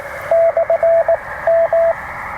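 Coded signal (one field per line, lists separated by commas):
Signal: Morse code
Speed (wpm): 20 wpm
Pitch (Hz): 690 Hz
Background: radio noise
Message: /M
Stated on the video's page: Two-watt POTA CW activation with a Penntek TR-45L and an Elecraft AX2 antenna.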